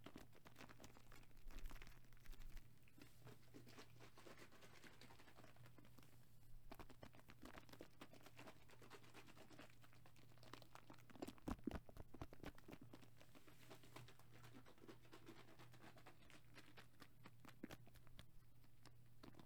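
Liquid sloshes and patters in quick, irregular bursts over a steady low hum, with denser splashing around two and eleven seconds.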